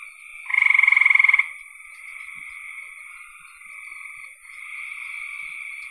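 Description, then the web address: Frog calls: a loud fast pulsed trill near the start, then a continuous softer high trilling chorus. "cn frogs"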